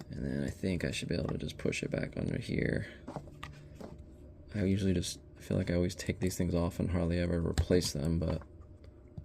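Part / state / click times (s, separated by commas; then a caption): metal retaining clip into groove holding pump motor bearing / not seated / none. A metal retaining clip on the motor shaft of a Hayward Powerflo Matrix SP1510Z1XEHC pool pump is being handled with retaining-clip pliers, squeezed open and pushed back under toward the groove that holds the bearing. Someone talks throughout, with a few short sharp metallic ticks in the pauses. Nothing has seated or clicked into place yet.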